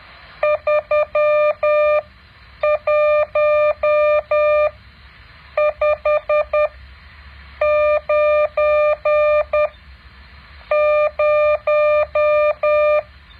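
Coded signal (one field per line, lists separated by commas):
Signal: Morse code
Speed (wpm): 10 wpm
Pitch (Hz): 600 Hz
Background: none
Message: 31590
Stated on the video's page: Morse code practice exercise 9.7.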